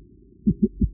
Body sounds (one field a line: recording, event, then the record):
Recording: neck accelerometer signal played as sound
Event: voluntary cough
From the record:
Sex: female